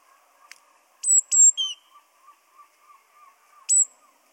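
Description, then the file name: Great tit: sparse thin, very high whistled notes from a great tit, one falling into a lower short tone, with faint soft chirps in the background. "Parus major"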